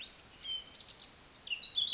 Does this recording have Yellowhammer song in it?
no